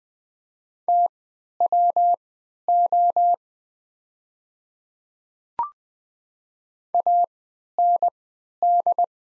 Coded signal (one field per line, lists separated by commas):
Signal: Morse code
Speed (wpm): 20 wpm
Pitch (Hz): 700 Hz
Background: none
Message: TWO AND